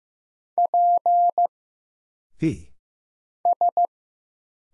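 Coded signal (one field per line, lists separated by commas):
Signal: Morse code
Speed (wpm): 15 wpm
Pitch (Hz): 700 Hz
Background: none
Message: P S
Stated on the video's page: Single-character Morse drill at 15 wpm of letters, numbers, punctuation and prosigns for instant character recognition, each sent, spoken, then sent again.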